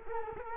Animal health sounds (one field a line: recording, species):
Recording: mosquito wingbeat signal from an infrared sensor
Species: Culex quinquefasciatus